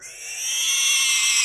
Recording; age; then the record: pig call; weaner (32 to 43 days)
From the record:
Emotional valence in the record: negative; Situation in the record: restrain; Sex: male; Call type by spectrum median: high-frequency call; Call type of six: high-frequency stable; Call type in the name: high-frequency stable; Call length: 1.44 s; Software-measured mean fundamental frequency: 234 Hz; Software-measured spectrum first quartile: 2948 Hz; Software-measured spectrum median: 4879 Hz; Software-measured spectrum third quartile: 6677 Hz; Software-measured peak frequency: 6042 Hz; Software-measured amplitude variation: 59 dB a second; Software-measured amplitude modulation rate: 26.0 a second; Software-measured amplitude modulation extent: 2.3 dB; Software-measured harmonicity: 4.1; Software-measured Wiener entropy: -2.54